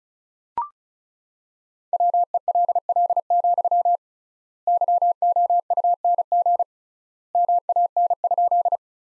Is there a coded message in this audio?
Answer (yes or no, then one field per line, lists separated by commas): yes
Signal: Morse code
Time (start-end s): 1.9-8.8 s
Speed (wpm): 34 wpm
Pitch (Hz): 700 Hz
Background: none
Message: WELL, YOUNG MAN?